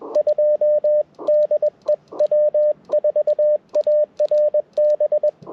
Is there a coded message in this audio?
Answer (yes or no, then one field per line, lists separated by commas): yes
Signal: Morse code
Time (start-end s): 0.2-5.3 s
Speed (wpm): 21 wpm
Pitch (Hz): 590 Hz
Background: radio noise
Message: 2 DE W4ARB